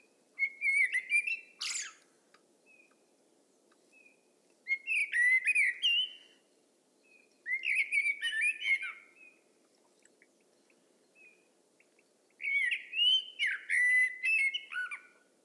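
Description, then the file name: Common blackbird singing four separate phrases, each a low whistled warble ending in thin high twittering notes, with pauses of a few seconds between them. "Turdus merula"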